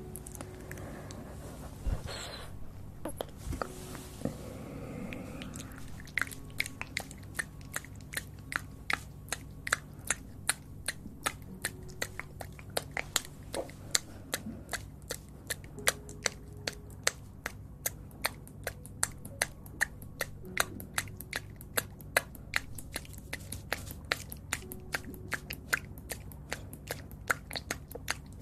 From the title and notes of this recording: Sounds close to the mouth!